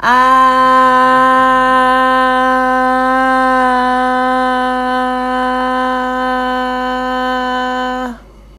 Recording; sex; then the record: sustained vowel /a/; female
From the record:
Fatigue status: no fatigue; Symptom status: symptomatic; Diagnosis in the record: COVID-19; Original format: m4a